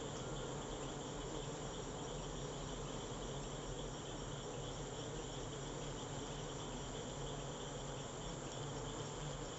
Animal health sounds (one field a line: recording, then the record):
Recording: honeybee defence experiment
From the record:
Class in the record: control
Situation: empty test tube, no live specimens